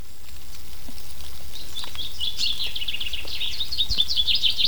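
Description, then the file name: Common chaffinch song, fast repeated bright chirps building in strength through the second half, over constant low rumble and hiss. "Fringilla coelebs"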